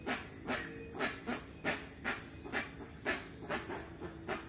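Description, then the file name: Rusty-margined guan calling with a run of coarse, noisy rasps repeated roughly twice a second, with low tonal notes faintly underneath. "Canto da jacupemba"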